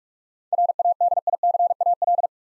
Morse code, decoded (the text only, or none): RADICAL